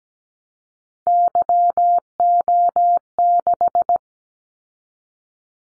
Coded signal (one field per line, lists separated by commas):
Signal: Morse code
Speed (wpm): 17 wpm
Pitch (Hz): 700 Hz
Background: none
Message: YO6